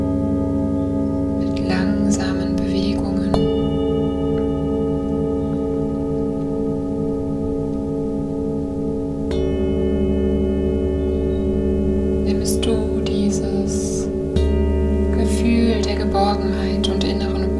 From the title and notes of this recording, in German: Begleitet von den Schwingungen der Klangschalen.